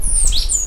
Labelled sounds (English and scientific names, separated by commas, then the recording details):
Stitchbird (Notiomystis cincta) song
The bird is a male
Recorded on Tiritiri Matangi Island, New Zealand, in 2005
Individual 2, of nest box 2